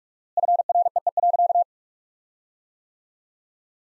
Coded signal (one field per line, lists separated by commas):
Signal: Morse code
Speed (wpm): 47 wpm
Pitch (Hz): 700 Hz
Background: none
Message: FREE.